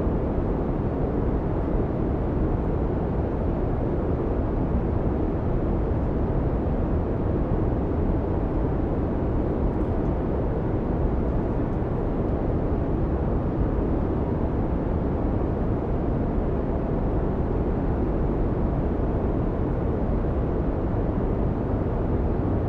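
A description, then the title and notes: Airplane cabin ambience: a steady, dense roar sits heavily in the low and middle range, with softer hiss above. The level holds constant for the whole stretch, with only a few faint ticks near the top around the ten-second mark. Airplane Cabin Ambience. Now at 40,000 feet — high enough to glimpse the curvature of the earth with the sun's final descent beyond the horizon — we've reached cruising altitude. The gentle hum of jet engines.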